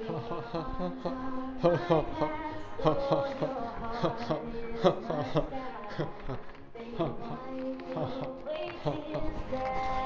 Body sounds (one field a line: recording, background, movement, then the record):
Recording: laughter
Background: music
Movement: walking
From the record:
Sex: male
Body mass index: 23.7 kg/m2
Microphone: on the chest, facing outward